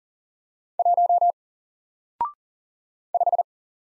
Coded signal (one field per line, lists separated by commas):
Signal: Morse code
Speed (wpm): 40 wpm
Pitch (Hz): 700 Hz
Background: none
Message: 1 5